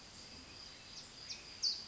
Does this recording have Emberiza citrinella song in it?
no